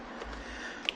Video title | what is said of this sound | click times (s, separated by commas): New Helmet, New Communications, Old Friends, and a Surprise! | now let's get this headliner snapped back in place two snaps ought to do it | 0.9 s